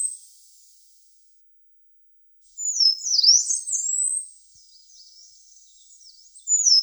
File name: Penochka zarnichka